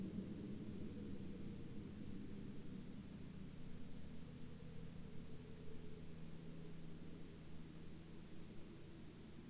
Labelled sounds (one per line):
aircraft